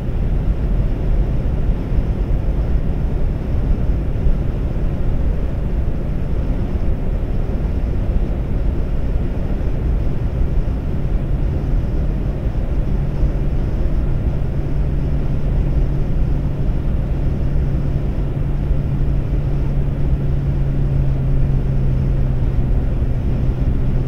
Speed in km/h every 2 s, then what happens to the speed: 137, 137, 135, 137, 137, 138, 138, 138, 138, 138, 140, 138.
0-24 steady at about 138.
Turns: none.